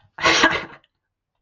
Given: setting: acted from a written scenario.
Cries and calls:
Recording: vocal sound without words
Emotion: triumph

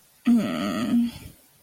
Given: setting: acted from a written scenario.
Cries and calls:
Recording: vocal sound without words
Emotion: shame

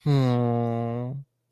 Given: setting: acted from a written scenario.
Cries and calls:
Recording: vocal sound without words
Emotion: adoration

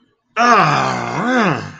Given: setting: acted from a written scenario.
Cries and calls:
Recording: vocal sound without words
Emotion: pain

